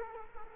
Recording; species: mosquito wingbeat signal from an infrared sensor; Culex quinquefasciatus